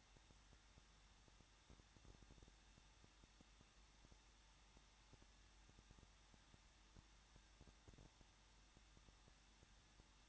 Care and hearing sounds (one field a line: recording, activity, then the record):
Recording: daily activity, microphone in the room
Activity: no activity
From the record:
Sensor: 3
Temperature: 21.3 degrees Celsius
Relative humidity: 36.2%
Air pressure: 1006.5 hPa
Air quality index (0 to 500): 220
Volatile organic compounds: 39 ppm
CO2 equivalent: 3133 ppm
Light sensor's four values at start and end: 2/3/2/2 and 2/3/2/2